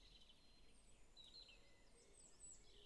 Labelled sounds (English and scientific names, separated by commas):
Great Spotted Woodpecker (Dendrocopos major)